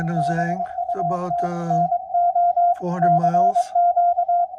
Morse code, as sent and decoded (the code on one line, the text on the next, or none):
-... ..- - / -. --- / -.-. --.-
BUT NO CQ